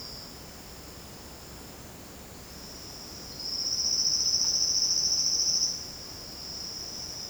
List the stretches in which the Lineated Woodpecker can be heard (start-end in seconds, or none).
none